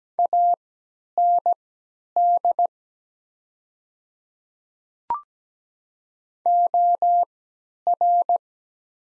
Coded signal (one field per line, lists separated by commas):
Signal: Morse code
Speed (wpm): 17 wpm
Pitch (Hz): 700 Hz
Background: none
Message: AND OR